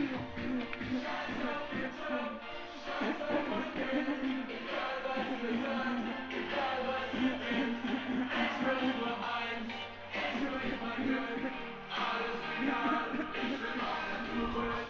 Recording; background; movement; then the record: throat clearing; music; walking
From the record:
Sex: female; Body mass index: 36.4 kg/m2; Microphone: on the chest, facing outward